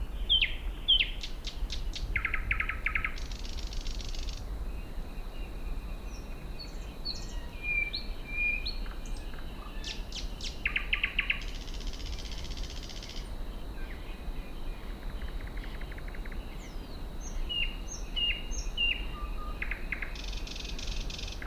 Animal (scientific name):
Luscinia luscinia